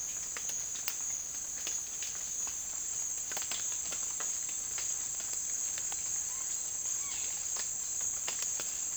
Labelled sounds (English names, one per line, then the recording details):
none
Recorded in secondary vegetation near Puerto Asís, Putumayo, Colombia, on 29 June 2025 at 14:00
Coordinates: 0.485, -76.322
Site GP06